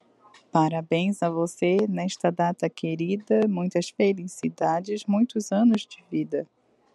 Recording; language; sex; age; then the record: short text; Brazilian Portuguese; female; 20 to 29 years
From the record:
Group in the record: control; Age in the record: 28 years